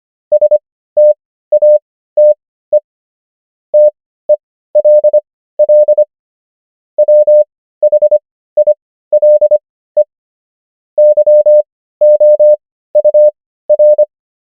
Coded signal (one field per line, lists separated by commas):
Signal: Morse code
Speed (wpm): 25 wpm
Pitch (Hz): 600 Hz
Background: none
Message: STATE TELL WHILE YOUR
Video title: morse code practice | 25wpm | 15fw | 500 most common words | ENGLISH